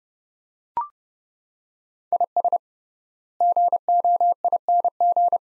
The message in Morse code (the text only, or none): IS GOING